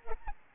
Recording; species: mosquito wingbeat signal from an infrared sensor; Aedes albopictus